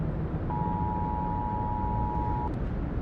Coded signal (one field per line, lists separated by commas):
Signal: Emergency Alert System (SAME) tones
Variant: 853 and 960 Hz attention tone